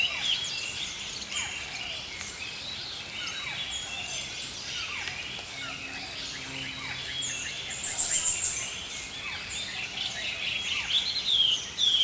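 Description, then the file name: Songbirds chirping and twittering softly, with a few louder high trills breaking through the background hiss. Songbirds singing in the early morning. "Healing Power Natural Sounds Oasis - Early Morning Songbirds"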